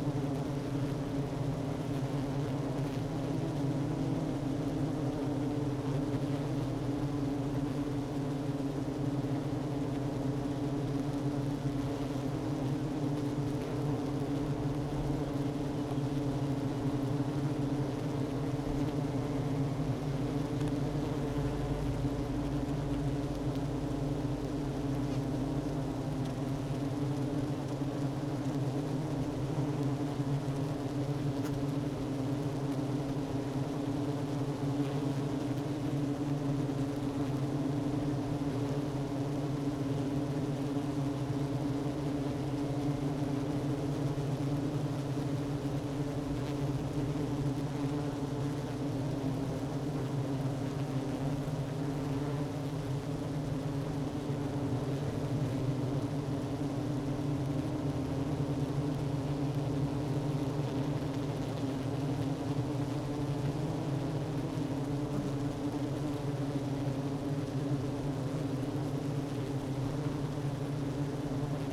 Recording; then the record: honeybee colony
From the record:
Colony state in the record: active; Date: 12 June 2018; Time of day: 11:12